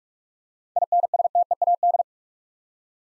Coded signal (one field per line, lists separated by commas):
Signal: Morse code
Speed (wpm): 45 wpm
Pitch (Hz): 700 Hz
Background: none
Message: INSTEAD